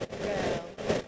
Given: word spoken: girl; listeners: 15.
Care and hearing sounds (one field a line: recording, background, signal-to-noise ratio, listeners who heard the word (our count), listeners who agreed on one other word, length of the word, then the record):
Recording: one English word in noise, from a listening test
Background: noise modulated by three-talker babble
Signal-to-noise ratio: -5.5 dB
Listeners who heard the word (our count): 4 of 15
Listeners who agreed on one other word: 8 of 15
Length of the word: 0.68 s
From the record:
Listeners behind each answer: 8, 4, 1, 1, 1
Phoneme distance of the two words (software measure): 20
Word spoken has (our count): 1 syllable, 3 phonemes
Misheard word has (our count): 1 syllable, 3 phonemes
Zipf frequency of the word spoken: 5.29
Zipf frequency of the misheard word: 4.40